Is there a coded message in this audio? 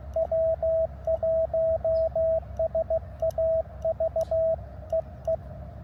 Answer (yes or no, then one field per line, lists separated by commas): yes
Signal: Morse code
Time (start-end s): 0.2-5.4 s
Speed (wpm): 15 wpm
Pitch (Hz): 660 Hz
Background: radio noise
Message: W1SAV E E